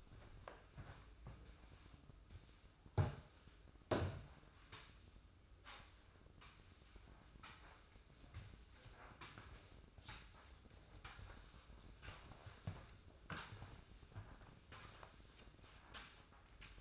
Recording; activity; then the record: daily activity, microphone in the room; sweep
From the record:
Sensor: 2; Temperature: 24.2 degrees Celsius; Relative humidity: 31.4%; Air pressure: 995.8 hPa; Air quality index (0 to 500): 93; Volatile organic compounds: 5 ppm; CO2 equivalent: 1716 ppm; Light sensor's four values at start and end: 23/75/29/28 and 23/75/29/28